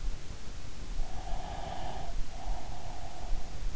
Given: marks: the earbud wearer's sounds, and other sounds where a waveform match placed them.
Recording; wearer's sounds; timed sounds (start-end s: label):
sounds in sleep by an in-ear microphone; breath
1.08-3.54 s: breath